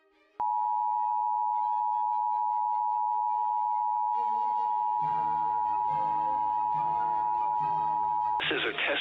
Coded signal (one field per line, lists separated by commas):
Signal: Emergency Alert System (SAME) tones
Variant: 853 and 960 Hz attention tone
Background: speech, music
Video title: IP - Snow SQUAIL Warning(S) - No EAS